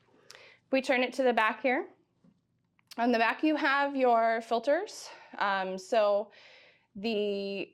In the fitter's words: you're going to push till it clicks and it'll pop right out for you